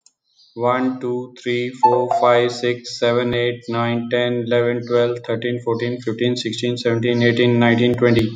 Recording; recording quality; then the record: counting at a normal pace; excellent, no background noise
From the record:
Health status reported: exposed to COVID-19, no respiratory illness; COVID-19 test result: negative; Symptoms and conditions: cough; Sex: male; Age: 48 years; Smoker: not ticked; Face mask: not worn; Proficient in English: yes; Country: India